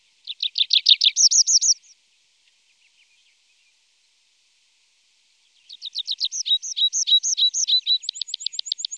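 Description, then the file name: Tree pipit song: a fast series of arched, ringing notes, a pause of several seconds, then another longer run of repeated notes ending in thin high strokes. "Pipit Des Arbres - Tree Pipit"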